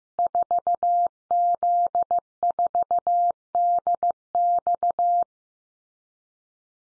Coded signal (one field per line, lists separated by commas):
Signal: Morse code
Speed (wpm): 15 wpm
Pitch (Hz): 700 Hz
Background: none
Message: 4Z4DX